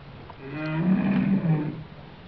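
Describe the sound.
Whale call: a low moaning tone that swells over about a second, holds steady, then fades, with faint higher overtones above it.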